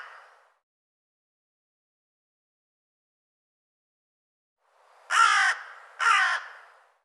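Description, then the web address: Bird giving a faint call fragment at the start, then after a long silence two loud harsh caws about a second apart. "cianscape birddata Deverinetal 2025"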